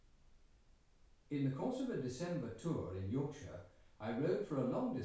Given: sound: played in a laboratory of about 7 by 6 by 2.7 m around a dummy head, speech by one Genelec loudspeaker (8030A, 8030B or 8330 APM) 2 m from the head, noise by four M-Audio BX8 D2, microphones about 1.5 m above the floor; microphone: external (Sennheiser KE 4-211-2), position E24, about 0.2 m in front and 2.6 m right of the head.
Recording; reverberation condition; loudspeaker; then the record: male speech in English; medium; 30 degrees to the right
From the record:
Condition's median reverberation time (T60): about 510 ms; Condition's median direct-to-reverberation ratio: about -0.5 dB